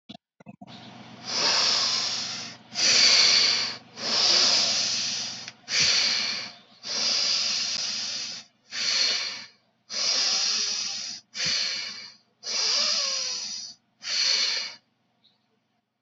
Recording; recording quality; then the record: deep breathing; excellent, no background noise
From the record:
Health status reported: healthy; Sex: male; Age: 29 years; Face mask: worn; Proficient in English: yes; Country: India